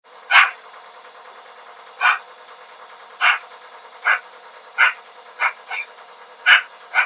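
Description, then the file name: Eurasian magpie giving harsh, rasping single calls at irregular intervals, with a few faint thin notes in between. "Pica pica"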